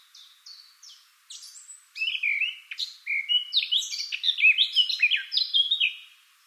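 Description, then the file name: Eurasian blackcap song starting with a few soft, spaced notes and building into a loud, fast, tumbling warble of varied whistled notes. "Sylvia atricapilla"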